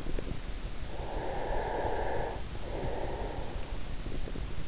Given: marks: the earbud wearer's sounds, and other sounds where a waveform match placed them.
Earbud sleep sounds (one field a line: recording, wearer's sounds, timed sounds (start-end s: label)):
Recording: sounds in sleep by an in-ear microphone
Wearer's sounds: breath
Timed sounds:
0.87-3.95 s: breath